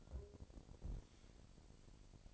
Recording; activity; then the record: daily activity, microphone in the room; take from stove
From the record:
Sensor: 5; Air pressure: 1012.2 hPa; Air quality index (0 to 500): 236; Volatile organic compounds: 4 ppm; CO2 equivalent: 1570 ppm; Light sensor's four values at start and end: 51/115/50/54 and 52/119/51/54